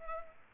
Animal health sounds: mosquito wingbeat signal from an infrared sensor; Culex pipiens

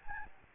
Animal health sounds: mosquito wingbeat signal from an infrared sensor; Aedes albopictus

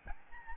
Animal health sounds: mosquito wingbeat signal from an infrared sensor; Aedes albopictus

